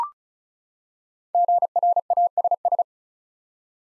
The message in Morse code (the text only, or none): GRASS